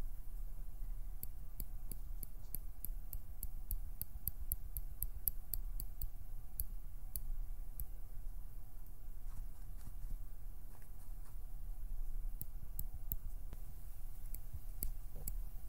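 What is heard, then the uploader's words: Quiet plucking and pinching sounds: a run of small, crisp ticks comes at a quick, fairly even pace through the first half, then thins to scattered clicks. A low steady hum and soft rumble sit underneath throughout. PLUCKING, PINCHING, FINGER FLUTTERING, PERSONAL ATTENTION - NO TALKING.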